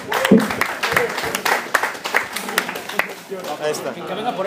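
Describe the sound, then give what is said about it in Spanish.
An audience at a Comic Con talk breaks into applause for a bearded man who answered a question about Peter Parker's daughter. A dense, steady patter of many hands claps for several seconds, with crowd voices and murmurs mixed underneath. “Un aplauso.”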